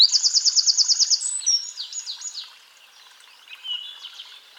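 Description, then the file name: Eurasian wren opening with a fast, evenly repeated high trill, then a jumble of quicker sliding notes that fade out, with a brief faint phrase near the end. "Troglodytes troglodytes"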